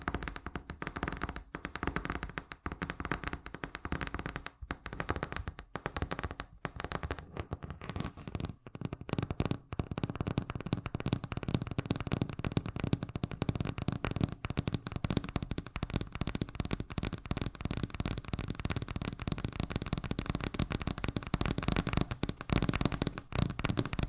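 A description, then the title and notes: Fast tapping goes on for the whole clip, a dense stream of sharp, crackly clicks with no pauses. During the first eight seconds the taps come a little sparser and uneven. After that they grow thicker and louder, holding a rapid, steady rattle to the end. ASMR Braingasm Inducing Fast Tapping (No Talking).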